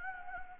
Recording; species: mosquito wingbeat signal from an infrared sensor; Anopheles gambiae